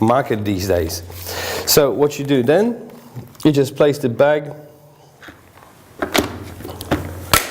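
Someone talks as a bag is placed in a Royal Catering RCVG-28P food vacuum sealer. The plastic lid is then closed and pressed down onto the sealer base, and the latches at both ends click shut at about 6.2 s and 7.3 s, seating the lid.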